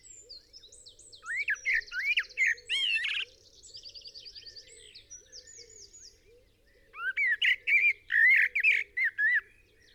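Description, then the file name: Eurasian blackbird song: fluty warbled phrases ending in squeaky twitters, in two bursts separated by a quieter spell with high rattling trills, over a faint low background chorus. "Turdus merula"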